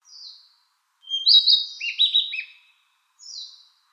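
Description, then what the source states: A bird gives a short phrase: a thin high whistle, then a buzzy, warbling run that falls in pitch, and another faint high note after a pause. Recorded on 4 June 2013.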